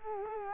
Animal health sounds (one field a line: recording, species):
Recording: mosquito wingbeat signal from an infrared sensor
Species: Culex quinquefasciatus